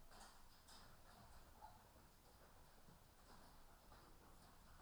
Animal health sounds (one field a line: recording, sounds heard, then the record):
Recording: poultry house recording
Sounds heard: healthy chickens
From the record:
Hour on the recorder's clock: 13